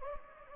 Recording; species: mosquito wingbeat signal from an infrared sensor; Anopheles gambiae